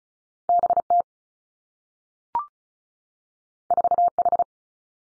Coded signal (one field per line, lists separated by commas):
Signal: Morse code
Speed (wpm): 36 wpm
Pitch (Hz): 700 Hz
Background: none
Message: B T 4 H